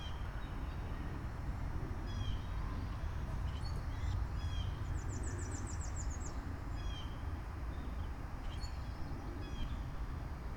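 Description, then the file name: Birds chirping: several brief high chirps and one quick, high-pitched trill of rapid notes near the middle, set against constant low rumbling background noise. Recorded outside. "Birds Chirping outside Krucifix Productions"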